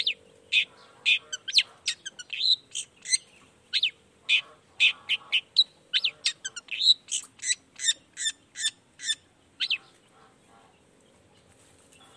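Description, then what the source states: Long-tailed shrike delivering a lively stream of quick chirps, slurred whistles and rasping notes, falling silent near the end. Shrike in full song in the morning, used to stimulate lazy, silent shrikes to start singing; 'toet toet' sound variation.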